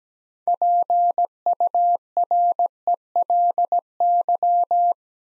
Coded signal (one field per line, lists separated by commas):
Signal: Morse code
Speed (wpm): 17 wpm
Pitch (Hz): 700 Hz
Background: none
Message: PURELY